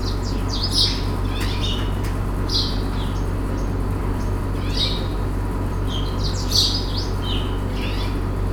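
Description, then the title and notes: House bunting song, brief chirpy phrases repeated every second or two over a steady low hum. House buntings close by, sitting on house roofs in the Fez medina, Morocco, in the morning; recorded with a Sony PCM-D100, internal mics. "House buntings in Fez medina. 89 Rue Talaa Sghira, Fes 30110, Morocco. Morning atmosphere. Close house buntings (sitting on house roofs). Bruants du Sahara au matin"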